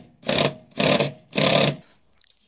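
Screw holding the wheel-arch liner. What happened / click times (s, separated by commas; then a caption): The driver bit slips in a stripped screw head / 0.3 s, 0.4 s, 0.9 s, 1.4 s. A powered driver is run on a screw holding the wheel-arch liner of an MG BGT, with a nut sitting behind it in the wheel arch. Three bursts of rattling, buzzing whir are heard, with sharp clicks at 0.3, 0.4, 0.9 and 1.4 seconds as the bit slips in the screw head. The screw head is stripped and the screw does not come out.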